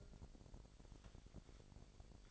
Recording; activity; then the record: daily activity, microphone in the room; take from stove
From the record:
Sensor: 5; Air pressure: 1012.1 hPa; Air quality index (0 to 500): 239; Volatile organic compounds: 4 ppm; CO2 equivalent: 1584 ppm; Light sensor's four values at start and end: 43/97/42/45 and 43/100/42/45